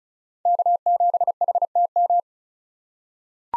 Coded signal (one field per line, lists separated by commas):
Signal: Morse code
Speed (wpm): 34 wpm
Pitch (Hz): 700 Hz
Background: none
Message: K7HTM